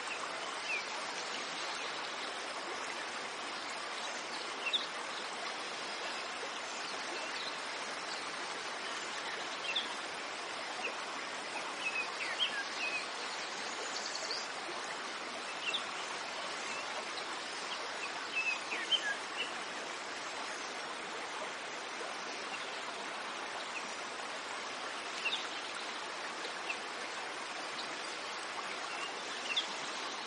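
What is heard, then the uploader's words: Water flows steadily throughout, a dense, even rushing that fills the mid and upper range without pause. Small bird calls poke through now and then, brief chirps around five, fourteen, nineteen and thirty seconds, against the constant stream. The birds sing and the water flows.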